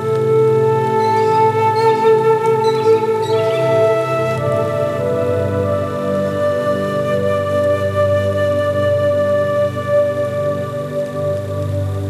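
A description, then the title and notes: Slow, sustained flute notes hold over a steady low drone, shifting to a new pitch around four seconds, with faint chirps behind. Sad Flute Music in a Peaceful Rainy Forest.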